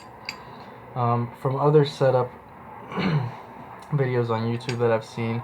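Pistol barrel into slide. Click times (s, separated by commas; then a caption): 0.3 s. During reassembly of a Rock Island Armory GI 1911 pistol, the barrel is lined up with the two notches and dropped into the slide, giving a single sharp metallic click at 0.3 s as it seats into position. Afterward someone talks.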